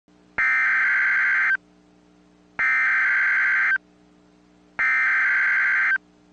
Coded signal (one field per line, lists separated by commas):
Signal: Emergency Alert System (SAME) tones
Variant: header bursts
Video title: Test Tornado Warning - EAS #511 - 3/4/14 11:03 AM EDT